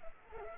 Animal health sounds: mosquito wingbeat signal from an infrared sensor; Culex pipiens

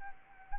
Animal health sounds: mosquito wingbeat signal from an infrared sensor; Anopheles arabiensis

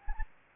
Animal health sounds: mosquito wingbeat signal from an infrared sensor; Anopheles gambiae

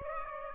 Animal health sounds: mosquito wingbeat signal from an infrared sensor; Aedes aegypti

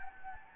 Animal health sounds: mosquito wingbeat signal from an infrared sensor; Anopheles gambiae

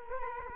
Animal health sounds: mosquito wingbeat signal from an infrared sensor; Culex quinquefasciatus

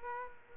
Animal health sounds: mosquito wingbeat signal from an infrared sensor; Aedes aegypti

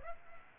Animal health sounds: mosquito wingbeat signal from an infrared sensor; Aedes aegypti

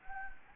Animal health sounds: mosquito wingbeat signal from an infrared sensor; Anopheles gambiae

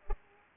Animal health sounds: mosquito wingbeat signal from an infrared sensor; Culex pipiens

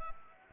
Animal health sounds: mosquito wingbeat signal from an infrared sensor; Anopheles gambiae

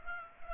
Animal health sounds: mosquito wingbeat signal from an infrared sensor; Culex pipiens

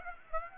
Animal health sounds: mosquito wingbeat signal from an infrared sensor; Aedes aegypti

